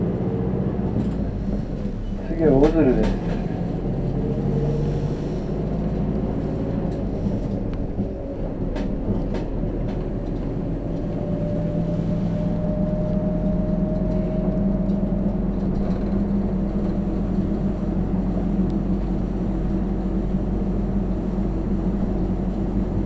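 Riding on a replacement bus, a steady low engine rumble and drone fill the cabin throughout. A brief warbling tone rises near the start, a few sharp clicks and rattles come around nine seconds, and a thin engine whine climbs midway through.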